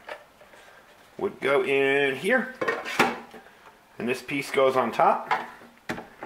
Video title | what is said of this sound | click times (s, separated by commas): Yugoslavian Surplus Mess Kit | And this piece goes on top. Everything kind of snaps into place. | 5.9 s